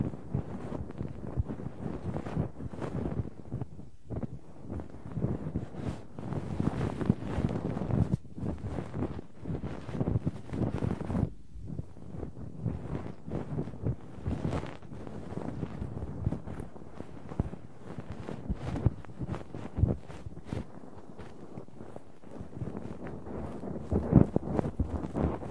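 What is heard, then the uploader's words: Ear cleaning sounds fill the clip with dense, crackly scratching and rubbing, heavy and muffled in the low range. The rustling is nearly continuous, with brief lulls around four and eleven seconds and a few sharper pops near the end. ASMR Layered Ear Cleaning No Talking.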